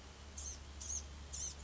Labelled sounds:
Blue-gray Gnatcatcher
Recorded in Sonoma County, California

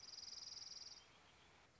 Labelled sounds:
Dark-eyed Junco
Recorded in Sonoma County, California

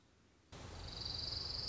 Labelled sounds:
Orange-crowned Warbler
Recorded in Sonoma County, California

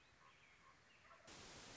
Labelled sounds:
Common Raven
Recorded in Sonoma County, California

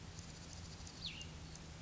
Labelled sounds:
Cassin's Vireo
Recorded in Sonoma County, California

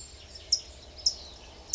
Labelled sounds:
California Towhee
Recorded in Sonoma County, California

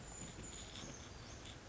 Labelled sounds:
Brown Creeper
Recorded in Sonoma County, California

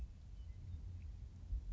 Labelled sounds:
Western Meadowlark
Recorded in Sonoma County, California

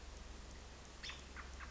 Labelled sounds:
American Robin
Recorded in Sonoma County, California

